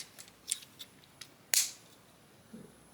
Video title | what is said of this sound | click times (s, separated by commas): Transformers One Studio Series Deluxe Class 112 Optimus Prime Unboxing and Reviews | sure you can hear that clicking sound just now after | 1.5 s